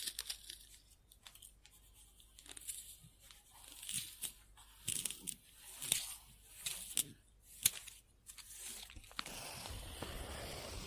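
A pen scribbles on paper in quick, uneven strokes, each a short bright scratch, some clustered and some separated by brief pauses. From about nine seconds to the end, a steady, rougher rustling hiss replaces the separate strokes.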